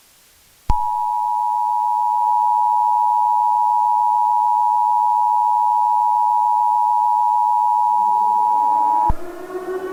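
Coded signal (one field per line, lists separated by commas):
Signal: Emergency Alert System (SAME) tones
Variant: 853 and 960 Hz attention tone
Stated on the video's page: Mock EAS broadcast for a fictional SCP scenario, made in Audacity and Movie Studio with EAS alert sound effects.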